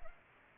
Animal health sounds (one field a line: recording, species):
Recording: mosquito wingbeat signal from an infrared sensor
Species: Culex pipiens